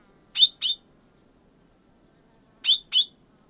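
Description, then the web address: Bird giving two crisp high chip notes, then after a two-second gap another doubled chip, with near-silent surroundings. "Bird Only"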